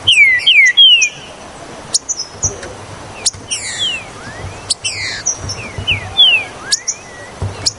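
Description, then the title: Green-winged saltator song, opening with a quick run of bright descending whistles, then scattered whistled slurs and chirps. "Trinca Ferro"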